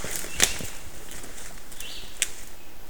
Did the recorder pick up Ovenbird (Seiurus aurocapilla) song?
no